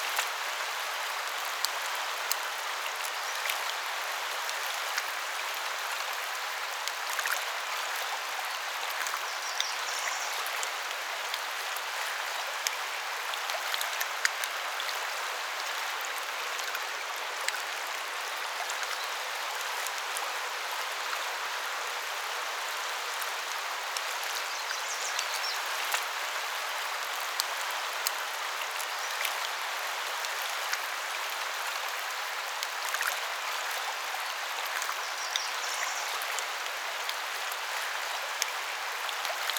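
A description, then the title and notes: A stream rushes in a steady, dense hiss that stays bright and even for the whole stretch, with little low rumble beneath it. A couple of faint, high chirps poke through near twelve seconds and again near thirty-seven seconds. Birds Congregating Over a Stream.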